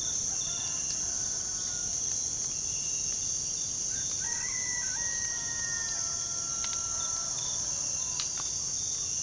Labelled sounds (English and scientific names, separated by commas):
none